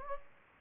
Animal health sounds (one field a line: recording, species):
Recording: mosquito wingbeat signal from an infrared sensor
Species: Anopheles gambiae